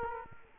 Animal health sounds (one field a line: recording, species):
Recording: mosquito wingbeat signal from an infrared sensor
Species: Culex quinquefasciatus